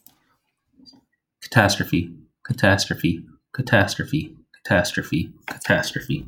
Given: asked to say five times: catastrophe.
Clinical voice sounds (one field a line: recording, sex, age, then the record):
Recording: repeated word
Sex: male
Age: 30 to 39 years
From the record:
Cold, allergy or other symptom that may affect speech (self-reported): no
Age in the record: 32 years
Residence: Maryland, United States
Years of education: 16